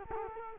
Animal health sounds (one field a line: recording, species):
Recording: mosquito wingbeat signal from an infrared sensor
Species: Culex quinquefasciatus